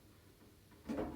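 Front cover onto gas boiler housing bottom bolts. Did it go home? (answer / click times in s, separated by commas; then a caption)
no / none. The metal front cover of a Junkers gas boiler, hung diagonally on its top recess, is handled and pushed toward its guide bolts at the bottom of the housing. A quiet low hum gives way at about 0.9 s to louder, broad rustling and scraping handling noise. Nothing has seated or clicked yet.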